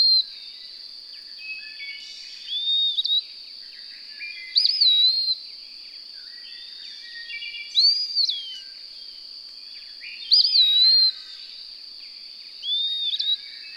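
Bird song of several ringing whistled phrases, each climbing steeply then falling away, separated by pauses of two to three seconds, with a constant thin tone underneath.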